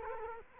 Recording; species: mosquito wingbeat signal from an infrared sensor; Culex quinquefasciatus